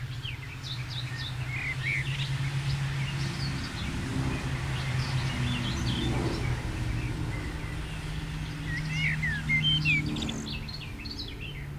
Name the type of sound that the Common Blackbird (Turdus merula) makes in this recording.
song